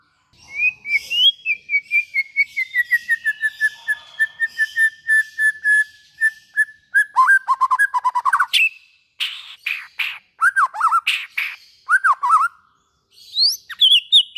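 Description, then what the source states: White-rumped shama song with a long rapid train of repeated whistled notes gradually falling, then harsh chattering bursts and looping slurred whistles. Used as a lure for trapping.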